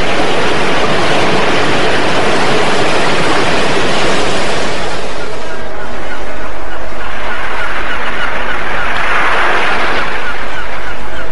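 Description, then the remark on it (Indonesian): A loud, continuous roar of crashing ocean waves surging inland over the land fills the air, a broad rushing wash that churns heavily, thins briefly midway, then swells again into a hissing surge. “Beberapa saat saja, suasana yang semula riuh dengan amukan ombak dan teriakan puluhan manusia, kini berubah menjadi tenang kembali.”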